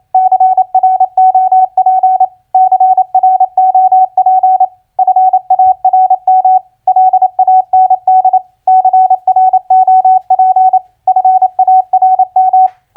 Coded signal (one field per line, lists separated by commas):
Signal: Morse code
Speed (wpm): 28 wpm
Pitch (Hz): 750 Hz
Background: none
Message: CROP CROP FARM LAND CROP FARM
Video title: Morse Code Practice Word Recognition FARM-LAND-CROP 28wpm